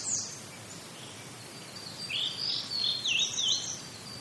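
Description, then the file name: Blue-and-white flycatcher song: faint wavering high whistles in the second half, rising and falling notes, over a steady background hiss. "oruri"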